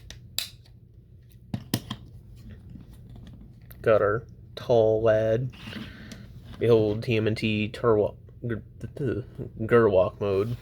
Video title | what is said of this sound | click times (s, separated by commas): Transformers x TMNT Party wallop | flip out the heel spurs those snap into place too and then fold in the wheels | 0.4 s, 1.7 s